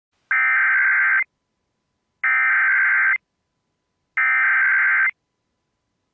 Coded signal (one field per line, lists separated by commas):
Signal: Emergency Alert System (SAME) tones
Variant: header bursts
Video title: Santa Barbara County Civil Emergency Message (EAS #782)